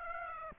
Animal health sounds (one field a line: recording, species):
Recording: mosquito wingbeat signal from an infrared sensor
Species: Aedes aegypti